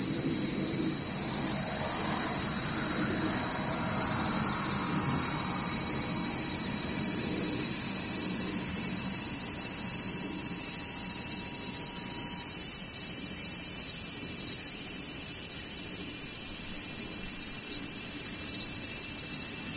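Cicadas and other insects keep up a dense, unbroken high buzz throughout. It swells over the first five or six seconds, then holds steady. A faint low rumble sits underneath early on, and a thin, quiet tone hums along until about twelve seconds.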